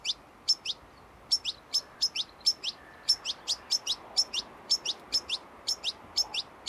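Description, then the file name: European goldfinch producing rapid high twittering call notes, mostly doubled, in a near-continuous series with a brief gap near the start; light background noise. "Carduelis carduelis"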